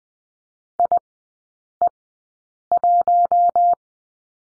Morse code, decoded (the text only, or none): IE1